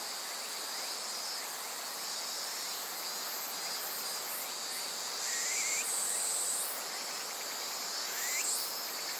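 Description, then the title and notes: Insects in a continuous high chorus, with a louder rising call that stands out twice in the second half. Various insects in a forest thick with trees beside the Azusa River, Shinano River system, Shinshu, Japan. "信州、川の森の音. 信濃川水系、梓川へやってきました。 川のそばには木々が生い茂る森があり、いろんな虫たちの声を聴くことができました。"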